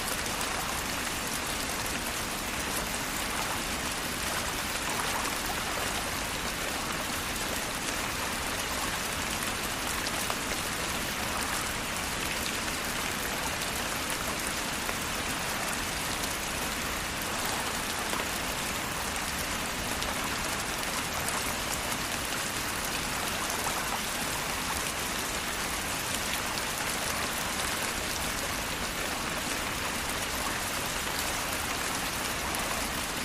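Heavy rain pours down steadily and densely, a constant bright hiss of countless drops spattering on surfaces, unchanging throughout without pauses.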